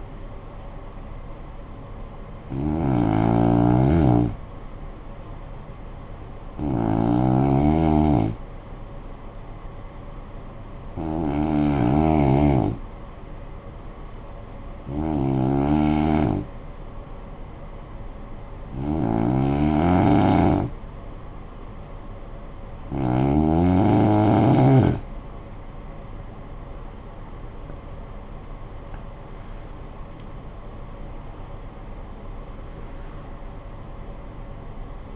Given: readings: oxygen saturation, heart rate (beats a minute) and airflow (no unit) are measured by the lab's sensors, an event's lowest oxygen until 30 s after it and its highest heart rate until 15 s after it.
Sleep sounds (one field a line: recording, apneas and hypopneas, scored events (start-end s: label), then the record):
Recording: breathing in sleep by a smartphone at the bedside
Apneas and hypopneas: 1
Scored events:
3.00-23.70 s: hypopnea (N2, oxygen 93% highest, then 89% lowest, heart rate 55 at the start, 80 highest)
17.00-35.16 s: new sleep stage, N1 (lightest sleep)
From the record:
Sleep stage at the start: N2 (light sleep)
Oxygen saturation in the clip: 89 to 93%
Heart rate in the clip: 55 to 80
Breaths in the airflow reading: 8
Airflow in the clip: -14.5 to 12.8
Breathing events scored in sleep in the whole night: 445 in 7.6 hours asleep